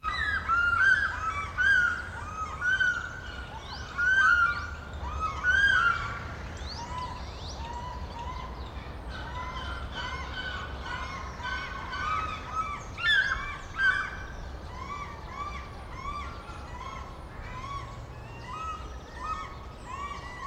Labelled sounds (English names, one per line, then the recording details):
Pallas's Fish Eagle
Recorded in captivity
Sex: pair
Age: adult
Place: Zoo Berlin, Berlin, DE
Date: 1994-02-11 11:04
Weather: Bedeckt, 4°C
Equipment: Marantz CP 130, Sennheiser ME 80, Kopie Uher Variocord 263
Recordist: Tembrock, Günter